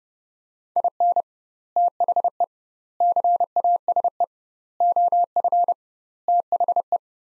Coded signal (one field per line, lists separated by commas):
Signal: Morse code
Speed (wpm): 29 wpm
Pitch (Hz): 700 Hz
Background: none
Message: IN THE CASE OF THE